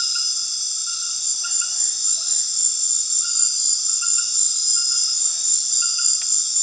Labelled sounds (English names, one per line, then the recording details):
none
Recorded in dense forest near Puerto Asís, Putumayo, Colombia, on 18 February 2024 at 19:30
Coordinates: 0.502, -76.326
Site G6460